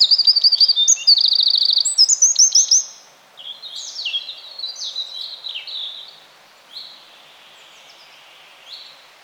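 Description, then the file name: Eurasian wren song: a quick run of ringing trills, then quieter, spaced high chirps and slurred notes. "Troglodytes troglodytes"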